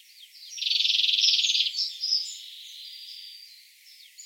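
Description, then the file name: European greenfinch giving a loud rapid trill, followed by softer twittering notes. "Chloris chloris"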